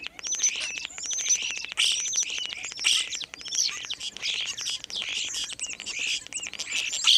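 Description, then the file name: Common starling song, a dense unbroken stream of harsh rattles, clicks, wheezy notes and short thin whistles, with no pause through the whole stretch. "kuldnokk"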